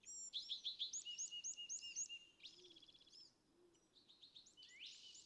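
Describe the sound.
California thrasher song opening with a rhythmic series of bright repeated notes, then trills and rising buzzy phrases, over light background noise.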